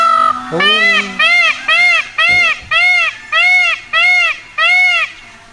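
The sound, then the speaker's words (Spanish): A large bird with a huge tail screams loudly in a rapid series of about eight harsh, nasal calls, each one bending up and back down in pitch, separated by short gaps. “¿Cómo va a gritar así un pajarraco?”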